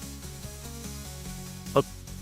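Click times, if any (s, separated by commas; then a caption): 1.8 s. Over soft background music, the plastic chest section of a Transformers Age of the Primes Onyx Prime robot figure is pushed up into the body during transformation. A single sharp, small plastic click sounds at 1.8 s as the chest locks into place, leaving it fixed.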